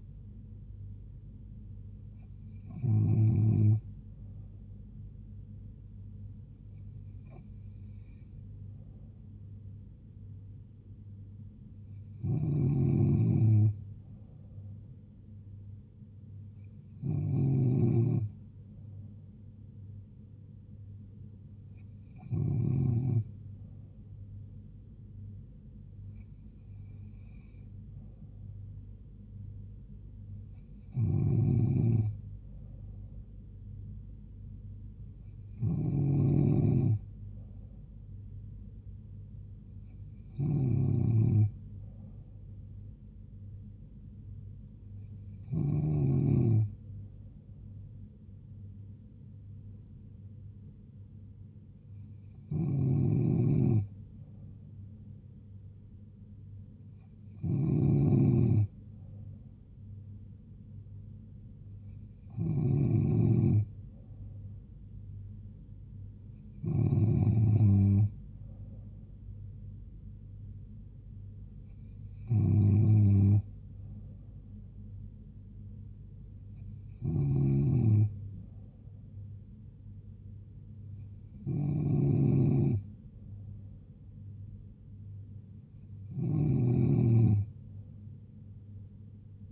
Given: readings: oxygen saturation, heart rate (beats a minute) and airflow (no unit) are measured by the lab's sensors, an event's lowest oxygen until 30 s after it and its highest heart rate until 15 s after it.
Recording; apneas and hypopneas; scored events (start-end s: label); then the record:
breathing in sleep by a smartphone at the bedside; none
73.00-89.52 s: new sleep stage, N2 (light sleep)
From the record:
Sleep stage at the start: N3 (deep sleep); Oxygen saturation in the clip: 94%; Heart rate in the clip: 68 to 77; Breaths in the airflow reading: 20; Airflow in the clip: -2.7 to 2.0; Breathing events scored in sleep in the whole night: 158 in 7.3 hours asleep